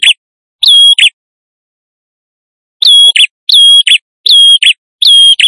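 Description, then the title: Prinia: quick series of bright, high, chirped notes, each a level whistle with a clipped ending, given in a pair and then a run of four. Visiting male prinia in full, vigorous song; used as an effective lure. "Suara Prenjak Tamu Jantan Gacor - Pancingan Ampuh"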